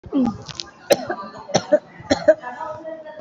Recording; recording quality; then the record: shallow voluntary cough; moderate, slight background noise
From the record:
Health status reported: COVID-19 positive, mild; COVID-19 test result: positive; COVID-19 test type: RT-PCR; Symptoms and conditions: cough, loss of smell and taste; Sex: female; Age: 32 years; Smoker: no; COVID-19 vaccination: one dose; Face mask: worn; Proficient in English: yes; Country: India